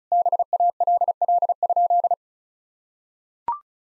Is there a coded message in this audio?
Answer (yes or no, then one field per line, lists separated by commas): yes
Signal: Morse code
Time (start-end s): 0.1-2.1 s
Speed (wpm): 36 wpm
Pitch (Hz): 700 Hz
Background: none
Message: BALL?